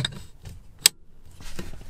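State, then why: Seated. A steering wheel with the quick-release half attached is pushed onto the hub adapter of an NRG thin quick release. After some faint handling noise, a single loud, sharp click at 0.9 s marks the quick release snapping home and locking into place, followed by quieter rustling.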